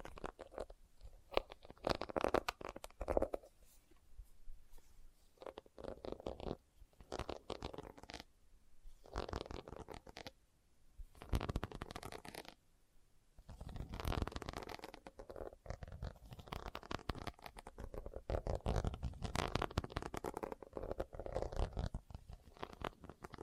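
Leather is tapped and scratched in a dense, irregular run of dry rubbing, scraping and soft taps, with quick clustered strokes and brief quiet pauses near 7, 10.5 and 13 seconds. The sounds are mostly low to mid, with occasional brighter scratchy edges.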